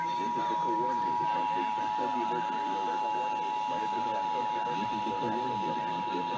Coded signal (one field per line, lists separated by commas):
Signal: Emergency Alert System (SAME) tones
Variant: 853 and 960 Hz attention tone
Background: speech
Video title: Orange County Required Monthly Tests (EAS #3729-3748) 5/20/21